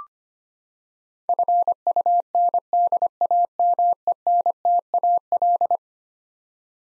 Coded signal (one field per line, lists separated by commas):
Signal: Morse code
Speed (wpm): 25 wpm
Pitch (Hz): 700 Hz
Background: none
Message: FUNDAMENTAL